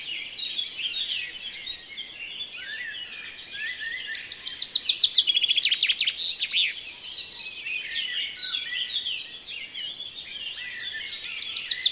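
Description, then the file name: Birds singing together in a dawn chorus, with layered twittering and whistles, a loud rapid trill around the middle and another starting at the end. "Reveil des oiseaux La Sonotheque"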